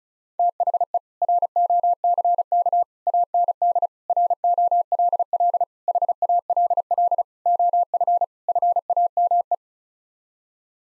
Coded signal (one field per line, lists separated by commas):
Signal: Morse code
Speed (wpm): 36 wpm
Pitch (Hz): 700 Hz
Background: none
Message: THE ROCK AND ROLL HALL OF FAME